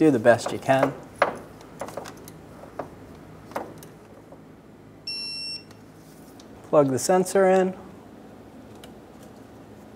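A wiring harness connector is handled at the power steering pressure sensor during a power steering pressure hose replacement on a 2007-2012 Nissan Altima. Someone talks while short knocks and handling sounds are heard, and a steady electronic beep sounds from about 5.1 to 5.6 seconds. The connector has not clicked or seated onto the sensor yet.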